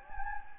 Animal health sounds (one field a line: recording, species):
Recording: mosquito wingbeat signal from an infrared sensor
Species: Anopheles gambiae